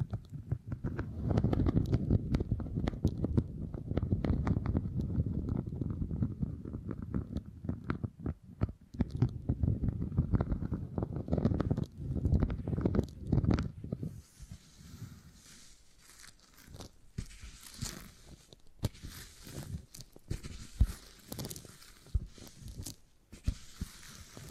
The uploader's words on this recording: ASMR 20 Brain Tingly Sounds Using Beeswax (No Talking).